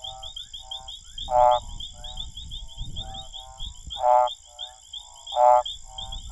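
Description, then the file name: Lavilla's escuerzo advertisement call: three loud, grating pulsed notes amid quieter calls, a steady high-pitched buzzing and low rumbling noise. Advertisement call, recorded at 24.3 °C. "Advertisement call Odontophrynus lavillai"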